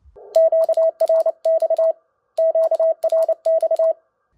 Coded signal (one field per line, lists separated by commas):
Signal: Morse code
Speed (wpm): 29 wpm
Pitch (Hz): 650 Hz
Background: none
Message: QRX QRX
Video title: MiNiPA50 HF PA with Icom IC-705: compatibility, real power output, temperature test, heatsink mod.